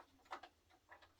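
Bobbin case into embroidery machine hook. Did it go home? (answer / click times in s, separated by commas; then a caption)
no / none. A bobbin case is handled at the hook of a Brother 10-needle multineedle embroidery machine after a first try failed to click in. Small handling ticks are heard at about 0.3 s, 0.4 s and 0.9 s. Nothing has seated or clicked yet.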